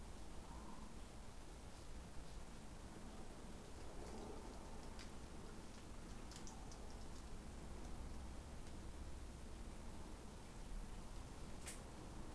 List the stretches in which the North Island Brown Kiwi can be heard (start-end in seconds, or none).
none